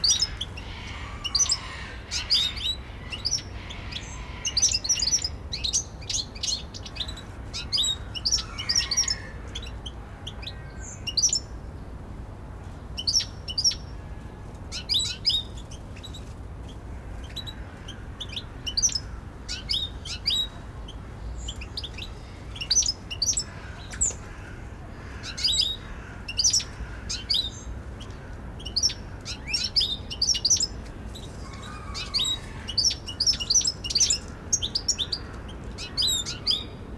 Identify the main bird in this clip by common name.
European Goldfinch